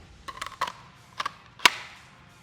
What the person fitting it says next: You got positive retention and you hear that click.